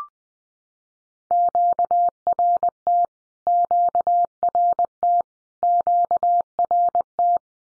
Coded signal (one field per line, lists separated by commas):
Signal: Morse code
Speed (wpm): 20 wpm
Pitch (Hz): 700 Hz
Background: none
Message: QRT QRT QRT